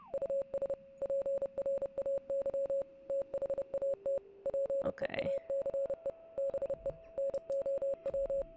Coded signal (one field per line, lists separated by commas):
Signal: Morse code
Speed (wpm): 30 wpm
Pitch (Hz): 550 Hz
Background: none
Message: US PRAY THAT PEACE BE NOW